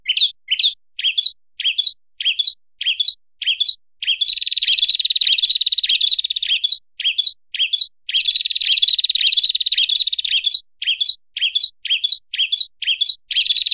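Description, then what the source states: Bird singing short rising chirps in quick series, interrupted by long, rapid, high trills lasting a few seconds, with the chirping resuming in between; otherwise quiet. Masteran training recording of bird sound for teaching songbirds.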